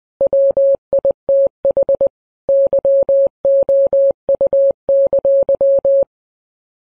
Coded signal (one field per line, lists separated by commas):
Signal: Morse code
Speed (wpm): 20 wpm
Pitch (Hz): 550 Hz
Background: none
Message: WITH YOU!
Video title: dit dah dit dah